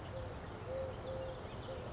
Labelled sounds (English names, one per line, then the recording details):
Eurasian Collared Dove
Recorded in Sonoma County, California